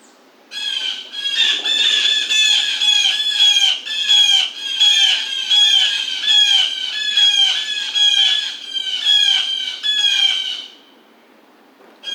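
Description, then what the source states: Blue jay delivering a long rapid series of harsh, rhythmic squawking notes for about ten seconds, then falling silent. Recorded 2009-07-27.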